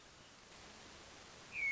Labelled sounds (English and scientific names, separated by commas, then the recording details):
Hermit Thrush (Catharus guttatus)
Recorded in Sonoma County, California